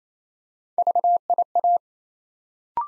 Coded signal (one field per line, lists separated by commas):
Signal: Morse code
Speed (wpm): 27 wpm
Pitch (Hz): 700 Hz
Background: none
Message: VIA